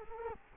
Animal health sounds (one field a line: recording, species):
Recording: mosquito wingbeat signal from an infrared sensor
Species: Culex quinquefasciatus